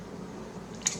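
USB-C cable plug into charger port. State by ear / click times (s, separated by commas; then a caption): seated / 0.9 s. A USB Type-C charging cable plug is pushed into the port of a charging brick. It pops in and seats with a single sharp click at 0.9 seconds over a low, steady background hum.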